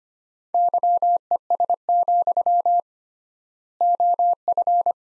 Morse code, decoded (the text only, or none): YES, OF